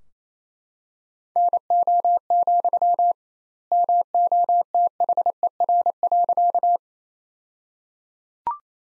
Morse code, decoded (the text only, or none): NO, MOTHER.